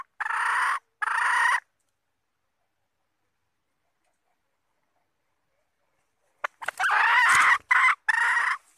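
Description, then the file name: Red junglefowl with two coarse squawking notes, a long quiet pause, then a burst of several more rough, broken notes. Female red junglefowl calling to find a mate. "tieng ga rung mai keu tim kiem ban tinh"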